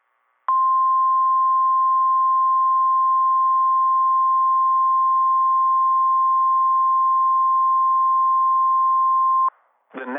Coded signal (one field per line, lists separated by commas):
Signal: Emergency Alert System (SAME) tones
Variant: 1050 Hz attention tone